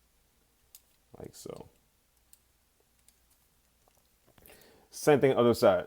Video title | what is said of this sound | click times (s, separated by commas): Review Takara Transformers Masterpiece MP-25 Tracks | fine and it should lock into place like so | 0.8 s